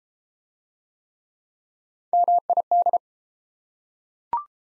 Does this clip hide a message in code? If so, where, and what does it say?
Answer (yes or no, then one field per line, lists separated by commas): yes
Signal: Morse code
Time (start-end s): 2.1-3.0 s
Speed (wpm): 28 wpm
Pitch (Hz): 700 Hz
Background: none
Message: MID